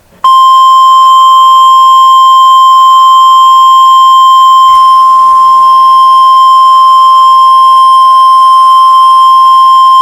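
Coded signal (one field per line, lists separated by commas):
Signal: Emergency Alert System (SAME) tones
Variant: 1050 Hz attention tone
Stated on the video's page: Mock EAS tornado emergency, a recreation of a real event.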